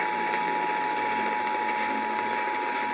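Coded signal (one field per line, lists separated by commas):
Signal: Emergency Alert System (SAME) tones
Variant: 853 and 960 Hz attention tone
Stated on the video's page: Required monthly test received by long-distance DX reception of AM stations on 1070 and 640 kHz; the 640 AM station failed.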